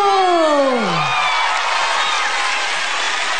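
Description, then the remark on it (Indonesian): A crowd bursts into loud applause and cheering, opening with a high whooping shout that slides downward, followed by a steady, dense wash of clapping and cheers that continues to the end. “Tepuk tangan sekali lagi dong”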